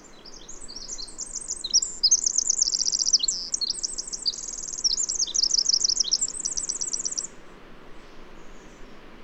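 Bird song, a long run of high chirps and fast rattling trills in several bursts over about seven seconds, then quiet hiss.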